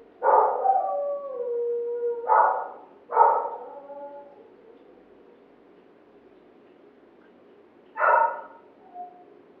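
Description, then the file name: Dog giving a bark that trails into a falling howl, two quick barks after it, a pause, then one more bark. Neighbours' dog barking. "Digiffects Sound Effects Library - Neighbours Dog Barking"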